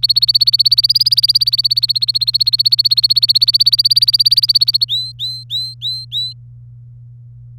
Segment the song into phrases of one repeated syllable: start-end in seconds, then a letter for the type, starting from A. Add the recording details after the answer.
0.00-4.85 A, 4.88-6.33 B. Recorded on 26 April 2018 at 18:28. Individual llb3